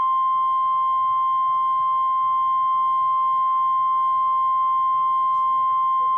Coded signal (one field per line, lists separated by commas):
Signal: Emergency Alert System (SAME) tones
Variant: 1050 Hz attention tone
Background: speech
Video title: EAS Alerts From 7/10/24 (EAS #2753-2785)